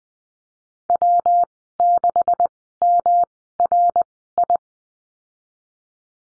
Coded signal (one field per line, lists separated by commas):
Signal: Morse code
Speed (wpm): 20 wpm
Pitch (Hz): 700 Hz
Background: none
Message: W6MRI